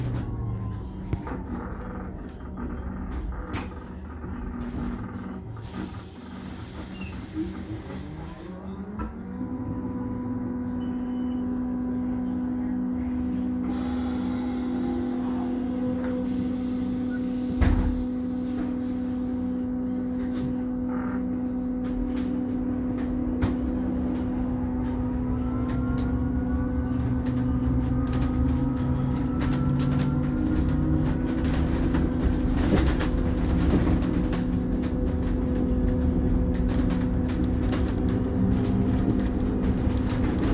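A bus ride: the engine rumbles steadily, and around ten seconds in a low droning tone rises and then holds as the bus gets under way. Brief clicks and knocks come throughout, with a sharp thump near eighteen seconds and faint rising whines after twenty-five.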